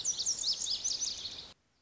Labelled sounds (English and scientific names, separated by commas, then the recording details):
Lazuli Bunting (Passerina amoena)
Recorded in Sonoma County, California